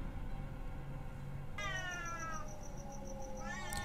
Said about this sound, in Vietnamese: Loáng thoáng trong cái tiếng khóc ấy là hình như có tiếng con mèo nó đang kêu, mà không phải tiếng kêu bình thường, mà giống như là hai con mèo nó đang kêu gào muốn đánh nhau vậy.